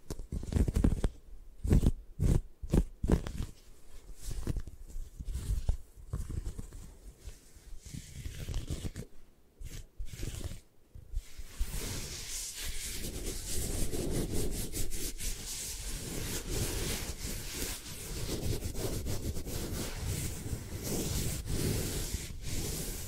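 Eye massage sounds open with scattered sharp taps and short rubbing strokes, then settle after about twelve seconds into steady, dense, bright scratching.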